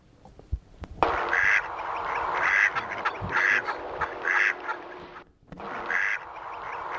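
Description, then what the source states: Mallard giving raspy quacks: a run of harsh, nasal bursts roughly every second, a short pause, then one more, over loud hiss. Male mallard.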